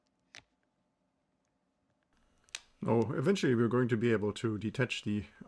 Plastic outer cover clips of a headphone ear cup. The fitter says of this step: two pieces that are going to separate and you're also going to hear this a little bit a couple of click sounds that the two pieces are detaching